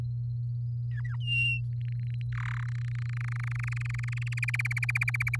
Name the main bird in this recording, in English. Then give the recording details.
Domestic Canary. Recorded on 8 May 2018 at 05:49. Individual llb16